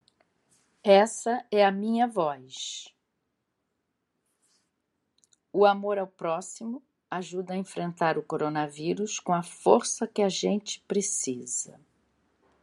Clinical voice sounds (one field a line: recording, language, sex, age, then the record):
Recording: spoken sentence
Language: Brazilian Portuguese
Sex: female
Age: 60 to 69 years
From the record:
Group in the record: control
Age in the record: 65 years